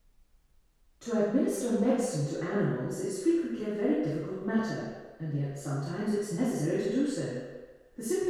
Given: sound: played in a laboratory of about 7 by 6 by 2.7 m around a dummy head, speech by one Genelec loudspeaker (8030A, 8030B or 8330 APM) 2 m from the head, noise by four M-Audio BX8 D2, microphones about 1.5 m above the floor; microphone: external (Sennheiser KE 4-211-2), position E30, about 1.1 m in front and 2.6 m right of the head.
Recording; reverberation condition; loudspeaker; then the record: female speech in English; high; 90 degrees to the right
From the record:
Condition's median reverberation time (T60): about 1300 ms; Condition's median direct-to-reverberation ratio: about -4.0 dB